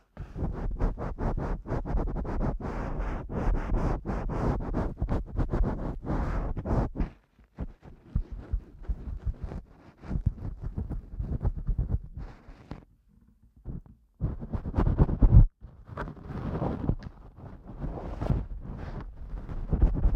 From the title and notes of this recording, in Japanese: ASMR耳かき 圧力・低音強めの落ち着くサウンド…柔らかい音フェチ。